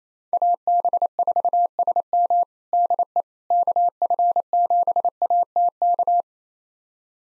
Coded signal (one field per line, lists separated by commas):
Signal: Morse code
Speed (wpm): 27 wpm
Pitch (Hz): 700 Hz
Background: none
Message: AB4SM DE KF7ATK